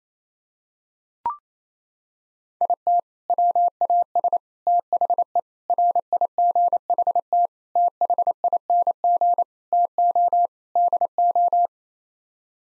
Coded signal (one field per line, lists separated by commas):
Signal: Morse code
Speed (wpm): 28 wpm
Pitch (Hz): 700 Hz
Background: none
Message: IT WAS THE RIGHT THING TO DO